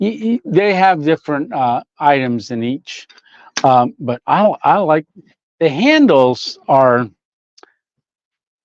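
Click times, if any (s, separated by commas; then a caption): 7.6 s. Someone talks for about seven seconds, then the hinged handle of an aluminum camping cook pot is swung open. It gives a sharp double click at 7.6 s and 7.6 s as the handle locks open in place.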